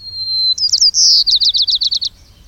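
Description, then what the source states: White-crowned Sparrow song: a long, clear, steady whistle, then a few slurred notes, a steady note and a quick run of several chirped notes. Oregon bird showing a regional song dialect, 300 miles from a Washington bird.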